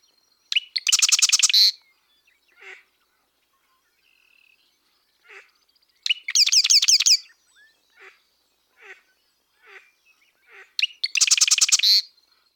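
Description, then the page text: Marsh wren singing three rapid rattling trills about five seconds apart, each opened by sharp notes, with soft scattered call notes between songs. Western population of marsh wren in North America; western and eastern populations remain genetically and culturally distinct across a broad overlap zone in southern Saskatchewan. "The songs and genes of Marsh Wrens tell of two species in North America - American Ornithological Society"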